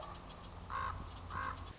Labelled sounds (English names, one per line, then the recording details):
Common Raven
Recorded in Sonoma County, California